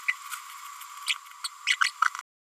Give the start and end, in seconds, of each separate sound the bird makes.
1.44-1.48, 1.66-1.76, 1.80-1.91, 2.01-2.04